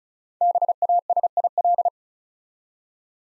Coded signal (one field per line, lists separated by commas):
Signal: Morse code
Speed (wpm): 36 wpm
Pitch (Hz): 700 Hz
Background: none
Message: BASIL